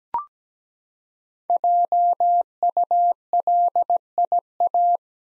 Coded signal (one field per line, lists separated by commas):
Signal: Morse code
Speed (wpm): 17 wpm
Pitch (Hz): 700 Hz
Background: none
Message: JULIA